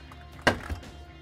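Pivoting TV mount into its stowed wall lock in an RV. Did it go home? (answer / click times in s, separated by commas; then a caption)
yes / 0.5 s. A pivoting mount holding a 41-inch Sony TV in a 2013 Newmar Canyon Star RV, model 3940, is swung back into its stowed wall position. A sharp, loud lock clicks at 0.5 s, followed by a softer knock around 0.7 s. The swivel TV mount locks in place for travel.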